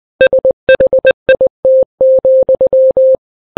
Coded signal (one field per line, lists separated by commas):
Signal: Morse code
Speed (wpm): 20 wpm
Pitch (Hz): 520 Hz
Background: none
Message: SHIT,